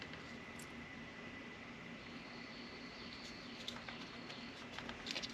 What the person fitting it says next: just snaps right in place. There we go.